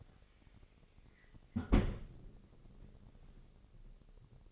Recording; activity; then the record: daily activity, microphone in the room; close fridge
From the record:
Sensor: 4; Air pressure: 996.0 hPa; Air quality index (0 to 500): 64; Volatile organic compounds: 2 ppm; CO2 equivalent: 1162 ppm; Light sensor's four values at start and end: 14/38/14/16 and 16/43/16/18